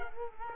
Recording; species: mosquito wingbeat signal from an infrared sensor; Culex quinquefasciatus